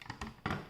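The plastic retention clips on the closed RAM slots of a motherboard are opened by hand before the memory sticks go in. A few light plastic taps come first, then a sharper, louder click at 0.5 s as the latches snap open.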